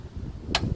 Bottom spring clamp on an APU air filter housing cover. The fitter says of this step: it snaps right in same with the top one here get it in place snap it down